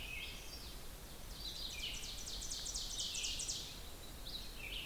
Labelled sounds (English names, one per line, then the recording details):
Ovenbird song
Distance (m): 70 m
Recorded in boreal forest in Alberta, Canada, on 16 June 2016 at 05:48
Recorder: SongMeter 3, array SBT-3-32
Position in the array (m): 136 m, 3 m
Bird 36